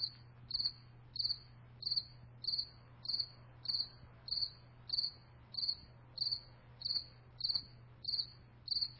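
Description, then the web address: Cricket giving steady high chirps, each a brief trilled pulse, repeated about every two-thirds of a second throughout, with a faint low hum beneath. "sammymaudlin cricket"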